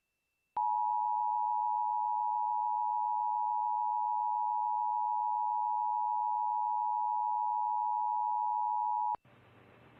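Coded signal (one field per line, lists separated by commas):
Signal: Emergency Alert System (SAME) tones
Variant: 853 and 960 Hz attention tone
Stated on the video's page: Iowa state EAS tests, recorded from broadcast stations including TV channels.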